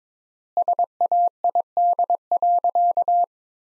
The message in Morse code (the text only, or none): SAID.